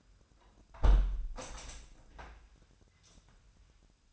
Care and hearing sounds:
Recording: daily activity, microphone in the room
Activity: close window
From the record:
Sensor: 2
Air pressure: 997.8 hPa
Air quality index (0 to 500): 130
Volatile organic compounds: 3 ppm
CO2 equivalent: 1468 ppm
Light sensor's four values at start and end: 11/32/13/12 and 11/32/13/12

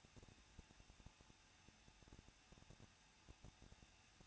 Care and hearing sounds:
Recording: daily activity, microphone in the room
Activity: no activity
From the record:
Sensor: 2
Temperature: 21.0 degrees Celsius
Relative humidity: 37.4%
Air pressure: 1006.2 hPa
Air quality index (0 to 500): 222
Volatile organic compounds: 24 ppm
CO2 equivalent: 2809 ppm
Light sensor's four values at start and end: 2/3/2/2 and 2/3/2/2

